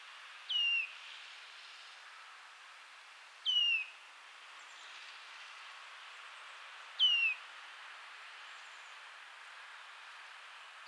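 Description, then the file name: Eurasian nuthatch, three sharp downslurred whistled calls spaced roughly three seconds apart against steady background hiss. "Sitta europaea"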